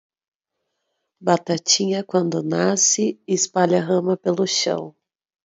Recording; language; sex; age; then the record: short text; Brazilian Portuguese; female; 20 to 29 years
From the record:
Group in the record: control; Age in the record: 25 years